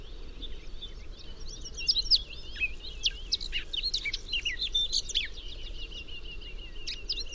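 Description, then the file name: Eurasian blackcap warbling, rapid twittering and sharp whistled notes running for several seconds against a steady background hiss. "Sylvia atricapilla"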